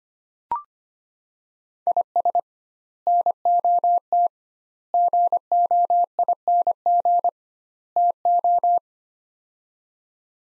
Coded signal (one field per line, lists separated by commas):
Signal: Morse code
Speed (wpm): 25 wpm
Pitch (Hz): 700 Hz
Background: none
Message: IS NOT GOING TO